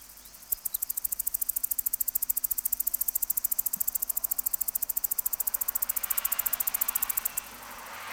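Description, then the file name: Cicada song: a rapid train of sharp, high ticking pulses, starting after half a second and stopping abruptly near seven seconds, over soft hiss. "Tettigeta argentata"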